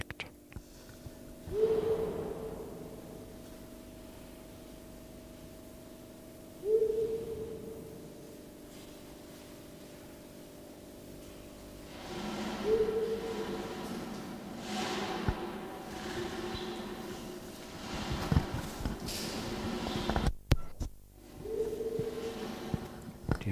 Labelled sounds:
Pale-legged Hornero call
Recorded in captivity
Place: Zoo Berlin, Berlin, DE
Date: 1997-11-15 11:15
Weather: overcast, light rain fall, 4-6°C
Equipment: Nagra SN, Kopie Uher 4000 Report Monitor
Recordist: Tembrock, Günter

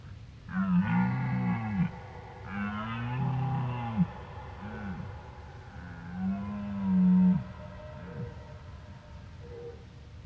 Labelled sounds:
Red Deer roaring
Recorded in the wild
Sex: male
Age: adult
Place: Schloß Holte-Stukenbrock, Senne, Nordrhein-Westfalen, DE
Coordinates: 51.85, 8.73333
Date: 1966
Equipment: Uher 4000 Report-S, Bändchenmikro Beyer M 260, Parabolspiegel Polyester (470 mm)
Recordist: Conrads, Klaus
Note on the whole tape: Truppenübungsplatz Senne. Männchen: Laute. Keine genaue Datumsangabe: September 1966

